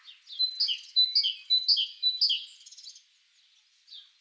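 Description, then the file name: Great tit delivering a quick series of about four high two-note phrases, then a single soft note after a short pause. "Parus major"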